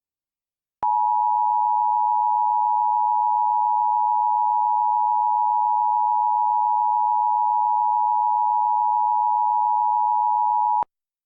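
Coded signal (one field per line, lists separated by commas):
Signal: Emergency Alert System (SAME) tones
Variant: 853 and 960 Hz attention tone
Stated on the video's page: Fictional EAS scenario; the tones are part of a simulated Halloween alert, not a real broadcast.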